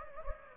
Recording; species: mosquito wingbeat signal from an infrared sensor; Anopheles gambiae